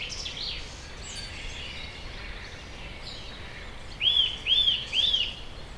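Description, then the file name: Eurasian nuthatch calls: three loud, clear, arched whistled notes given about half a second apart near the end, over a soft background of other birds. "Sitta europaea"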